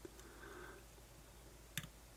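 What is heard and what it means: After restarting the fit, a removable metal spring bar is pushed with a spring bar tool until its end snaps into the hole in a watch case lug. A single sharp click sounds at 1.8 s against a quiet background. The spring bar is seated in the lug.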